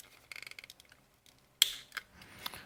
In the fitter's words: There we go. So, you should hear a pop and both little tabs are in there.